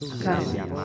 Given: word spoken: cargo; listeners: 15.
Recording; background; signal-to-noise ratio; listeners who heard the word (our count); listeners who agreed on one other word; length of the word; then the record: one Spanish word in noise, from a listening test; eight-talker babble; -2.4 dB; 0 of 15; 7 of 15; 0.45 s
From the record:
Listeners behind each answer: 7, 2, 2, 1, 1, 1, 1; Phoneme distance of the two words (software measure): 27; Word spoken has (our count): 2 syllables, 5 phonemes, stress on syllable 1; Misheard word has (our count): 2 syllables, 4 phonemes, stress on syllable 1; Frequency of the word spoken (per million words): 130.67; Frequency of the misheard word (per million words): 100.47